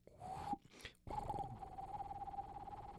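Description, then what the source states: Screech owl trill: a low, steady, quavering tone held for about two seconds after a short break, with a shorter note just before it. Heard in winter, calling on its own without being called in, from a thicket off a parking lot; a low, eerie, quiet trill.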